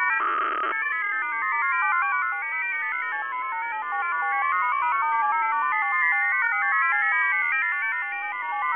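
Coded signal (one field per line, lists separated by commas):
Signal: multi-tone FSK (Olivia or MFSK type)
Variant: F07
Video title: F07 Data Mode 13/06/2024 2050 UTC 13389kHz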